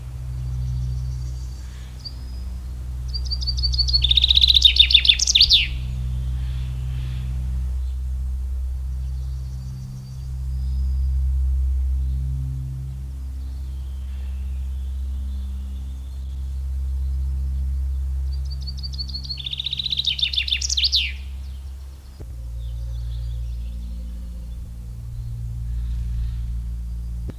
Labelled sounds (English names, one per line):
Common Chaffinch song